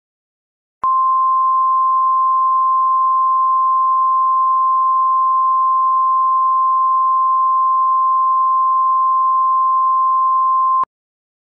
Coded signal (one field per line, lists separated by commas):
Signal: Emergency Alert System (SAME) tones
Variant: 1050 Hz attention tone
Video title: Kentucky Educational Television (KET) EAS Test